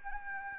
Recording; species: mosquito wingbeat signal from an infrared sensor; Anopheles gambiae